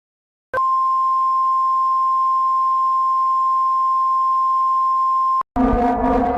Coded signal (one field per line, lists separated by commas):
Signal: Emergency Alert System (SAME) tones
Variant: 1050 Hz attention tone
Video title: Heeko, Sarah, Brix, Haiko, Hailo and Alexis with EAS Alarms in 60 Countries🌍🌎🌏